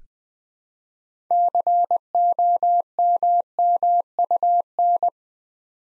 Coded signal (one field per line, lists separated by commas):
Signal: Morse code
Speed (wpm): 20 wpm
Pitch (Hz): 700 Hz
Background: none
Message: COMMUN